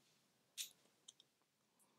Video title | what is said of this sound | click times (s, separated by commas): Fitbit Charge 4 Setup (Step-by-Step) | what I found is I need to kind of wiggle it until I hear a click ok | 1.1 s